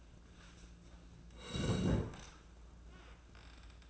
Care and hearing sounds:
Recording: daily activity, microphone in the room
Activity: sit down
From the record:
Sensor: 2

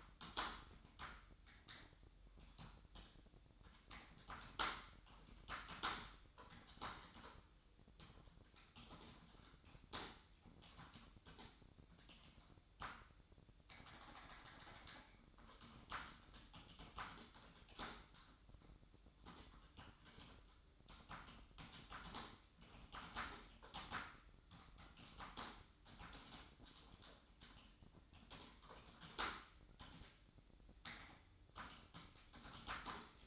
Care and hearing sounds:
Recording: daily activity, microphone in the room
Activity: typing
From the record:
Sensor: 3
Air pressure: 1007.6 hPa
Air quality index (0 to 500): 60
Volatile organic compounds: 1 ppm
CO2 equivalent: 611 ppm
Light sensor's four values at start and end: 11/25/10/11 and 10/24/10/10

